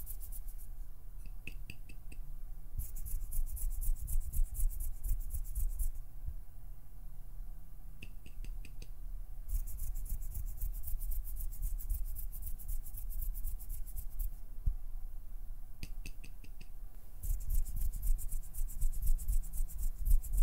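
Plucking and pinching with finger fluttering: dense, rapid rubbing rasps come in bursts, separated by quieter stretches, over a steady low rumble.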